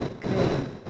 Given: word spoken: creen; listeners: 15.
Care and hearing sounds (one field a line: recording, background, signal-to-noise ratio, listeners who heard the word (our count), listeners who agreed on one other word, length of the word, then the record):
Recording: one Spanish word in noise, from a listening test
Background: noise modulated by three-talker babble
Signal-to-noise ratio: -4.9 dB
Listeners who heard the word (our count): 2 of 15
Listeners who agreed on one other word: 8 of 15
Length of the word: 0.50 s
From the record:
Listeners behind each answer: 8, 3, 2, 1, 1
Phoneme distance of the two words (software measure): 17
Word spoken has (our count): 2 syllables, 5 phonemes, stress on syllable 1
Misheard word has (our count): 2 syllables, 4 phonemes, stress on syllable 1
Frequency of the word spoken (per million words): 35.53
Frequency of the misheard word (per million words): 213.05